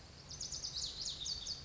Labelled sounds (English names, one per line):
Lazuli Bunting